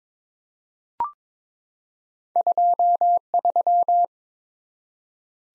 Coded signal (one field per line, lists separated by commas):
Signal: Morse code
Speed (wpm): 22 wpm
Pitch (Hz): 700 Hz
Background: none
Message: 23